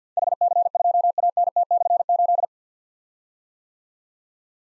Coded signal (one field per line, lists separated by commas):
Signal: Morse code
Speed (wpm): 47 wpm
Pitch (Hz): 700 Hz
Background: none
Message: HC2ANT/8